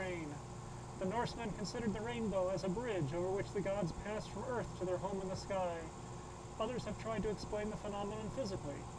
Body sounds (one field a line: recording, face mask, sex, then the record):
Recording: reading aloud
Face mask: surgical mask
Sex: male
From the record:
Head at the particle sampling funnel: tilted up or above it, chin in front of it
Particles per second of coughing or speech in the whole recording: 0.968